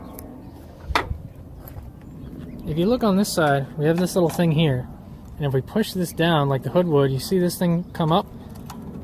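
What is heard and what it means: A hand pushes down on the hood latch mechanism of a 1995 Cherokee's hood latch assembly while someone talks, with a few brief sharp sounds early on, the loudest near 1.0 s. A part of the latch catch comes up, but nothing has seated or clicked into place yet.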